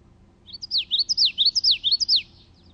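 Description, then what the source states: Common Yellowthroat song, a quick run of repeated rolling phrases of high swooping notes, lasting under two seconds. Song of four 'witchety' phrases; the notes rise, fall and rise very rapidly; played at regular speed.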